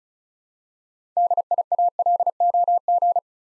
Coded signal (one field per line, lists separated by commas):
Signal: Morse code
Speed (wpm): 36 wpm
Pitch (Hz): 700 Hz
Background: none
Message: DIALOG